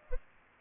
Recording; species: mosquito wingbeat signal from an infrared sensor; Culex pipiens